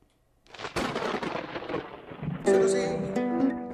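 A rap track's intro opens with a loud, rumbling thunder-like crash of noise, then steady, sustained pitched notes swell in over it, building a dramatic, ominous start.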